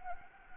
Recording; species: mosquito wingbeat signal from an infrared sensor; Anopheles gambiae